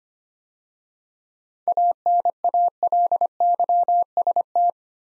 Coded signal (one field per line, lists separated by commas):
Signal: Morse code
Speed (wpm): 25 wpm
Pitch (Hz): 700 Hz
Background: none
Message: ANALYST